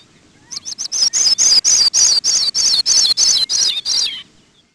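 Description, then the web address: Sprague's pipit delivering a fast string of high, sweet notes that gradually drop in pitch across roughly three and a half seconds, against a quiet background. "Peterson North American Birds"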